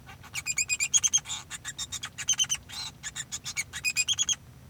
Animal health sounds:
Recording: song of a male Bengalese finch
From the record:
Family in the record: son of father 2

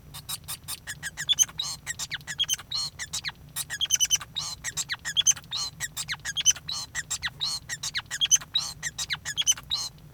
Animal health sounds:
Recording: song of a male Bengalese finch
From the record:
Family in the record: son of father 5

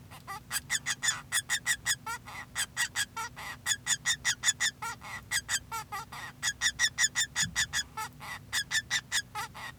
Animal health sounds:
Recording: song of a male Bengalese finch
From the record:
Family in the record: son of father 2

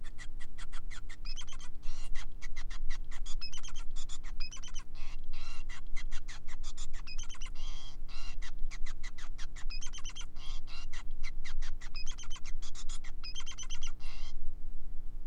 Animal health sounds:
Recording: song of a male Bengalese finch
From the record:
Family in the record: son of father 5

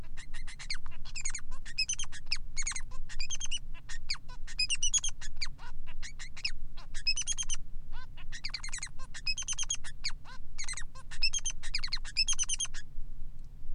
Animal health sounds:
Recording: song of a male Bengalese finch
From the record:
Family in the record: son of father 3

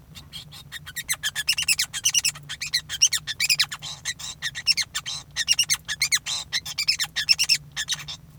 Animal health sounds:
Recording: song of a male Bengalese finch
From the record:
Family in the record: son of father 5

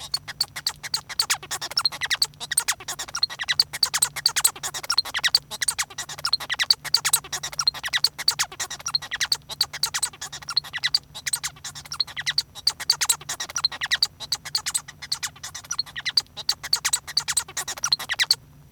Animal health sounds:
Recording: song of a male Bengalese finch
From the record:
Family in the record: son of father 1

